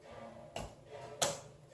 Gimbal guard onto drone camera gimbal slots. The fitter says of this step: Then Just push push until it clicks in.